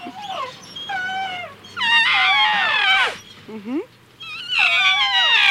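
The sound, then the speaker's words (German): A baby elephant trumpets in loud, high-pitched wailing squeals, about four drawn-out calls that bend and slide downward in pitch, separated by short pauses. “Oh, ja süß, der kleine Elefant, der schreit sicher nach seiner Mutter.”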